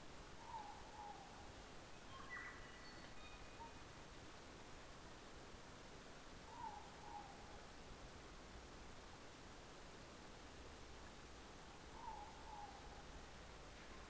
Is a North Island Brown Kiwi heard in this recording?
no